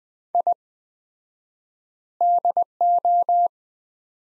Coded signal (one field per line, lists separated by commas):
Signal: Morse code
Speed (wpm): 20 wpm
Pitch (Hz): 700 Hz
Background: none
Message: I DO